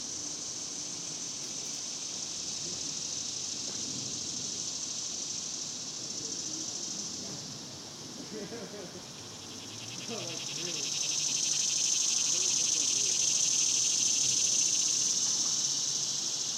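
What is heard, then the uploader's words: Cicadas drone steadily in a summer daytime setting, a dense, bright hiss that dips around eight to nine seconds, then swells louder with a sharper, pulsing buzz from about eleven seconds on. Faint low murmurs, possibly voices or traffic, sit underneath. Ext, Daytime Cicadas, Cemetery, Summer by Bandeto.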